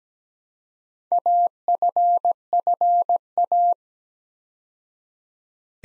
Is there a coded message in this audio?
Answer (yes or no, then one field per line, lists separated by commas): yes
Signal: Morse code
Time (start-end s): 1.1-3.7 s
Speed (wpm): 17 wpm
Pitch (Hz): 700 Hz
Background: none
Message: AFFA